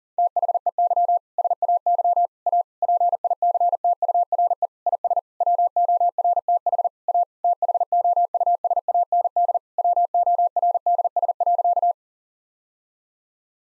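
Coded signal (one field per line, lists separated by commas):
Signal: Morse code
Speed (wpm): 40 wpm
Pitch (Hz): 700 Hz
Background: none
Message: THEY SAY A PICTURE IS WORTH A THOUSAND WORDS.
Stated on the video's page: Morse practice at 40 wpm: sentences of common seven-word phrases, each sent, spoken, then sent again.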